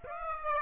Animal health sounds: mosquito wingbeat signal from an infrared sensor; Aedes aegypti

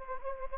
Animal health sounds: mosquito wingbeat signal from an infrared sensor; Anopheles gambiae

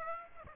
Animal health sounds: mosquito wingbeat signal from an infrared sensor; Aedes aegypti

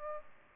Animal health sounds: mosquito wingbeat signal from an infrared sensor; Aedes albopictus

